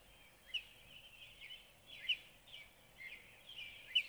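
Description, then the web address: Northern cardinal song: slurred, whistled phrases over a steady hiss, with a few sharper, louder notes. "birdsongforthecurious Northern Cardinal"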